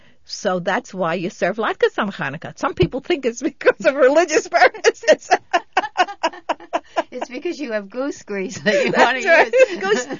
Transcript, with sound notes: So that's why you serve latkes on Hanukkah. Some people think it's because of religious purposes. ( she laughs )
It's because you have goose grease that you want to use.